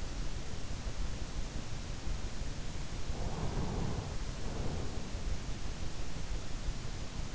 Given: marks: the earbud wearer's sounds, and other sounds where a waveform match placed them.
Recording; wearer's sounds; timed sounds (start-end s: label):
sounds in sleep by an in-ear microphone; breath
2.97-5.16 s: breath